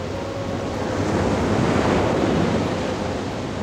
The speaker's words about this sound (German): Fast das ganze Jahr 1969 über bin ich in Isla Negra. Schon vom frühen Morgen an steigt das Meer auf fantastische Weise.